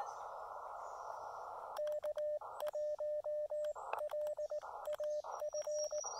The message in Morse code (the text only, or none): K1LAF